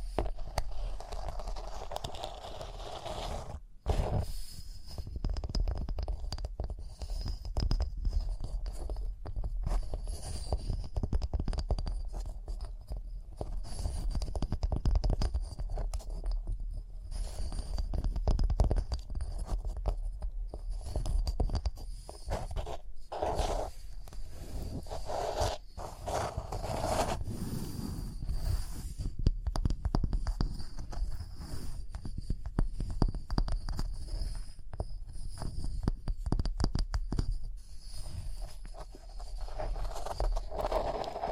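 Tapping, scratching and brushing on rhinestones fill the whole stretch with dense, rapid clicks and crackly scrapes. The texture stays busy without pause, with a low rumbling undertone throughout and brief sharp dropouts near 4 and 29 seconds.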